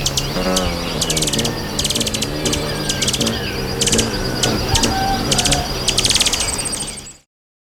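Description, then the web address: Purple-collared woodstar calls: repeated short bursts of very high, dry ticking notes over a low rumbling background. Recorded in Ecuador. "Birds of Ecuador. Purple-Collared Woodstar"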